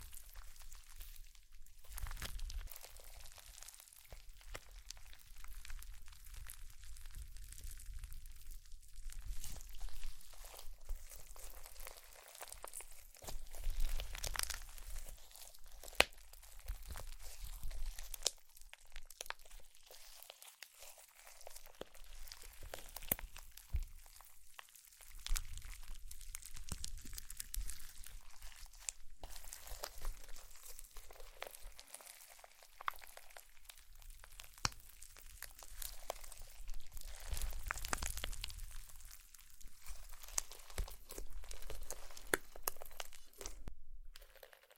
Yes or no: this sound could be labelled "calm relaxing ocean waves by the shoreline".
no